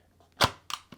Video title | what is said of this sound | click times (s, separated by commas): Cellular Trail Cameras for Dummies - Unboxing and Set Up | Press it till it clicks, make sure it clicks. | 0.4 s, 0.7 s